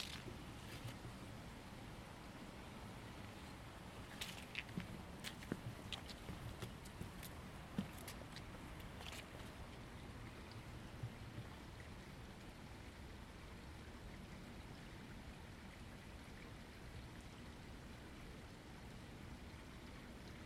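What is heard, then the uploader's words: A walk in Ravenna Park, Seattle, carried by a steady low rushing wash that stays even throughout. Between about four and nine seconds, a cluster of sharp clicks and taps breaks through, likely footsteps or small objects. After that the dense rumbling hiss continues alone. I took a walk in Ravenna Park, Seattle.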